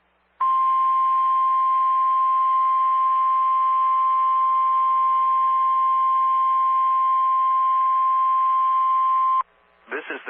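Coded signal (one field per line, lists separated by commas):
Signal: Emergency Alert System (SAME) tones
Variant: 1050 Hz attention tone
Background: speech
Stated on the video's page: Weekly EAS test broadcasts recorded off air.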